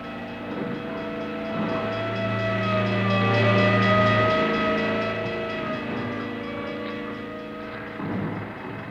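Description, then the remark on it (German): Fire engine sirens wail in steady, overlapping tones, swelling louder toward the middle and then slowly fading as they pass, with no voices. “Was ist das? Eine Sirene?”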